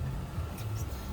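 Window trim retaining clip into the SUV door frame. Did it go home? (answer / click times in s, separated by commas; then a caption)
no / none. A GX470 window trim strip is lined up with the holes in the SUV door frame and pushed down so its plastic retaining clip can snap into the door. Only a steady low rumble with faint brief rustles is heard, and the clip has not seated or clicked yet.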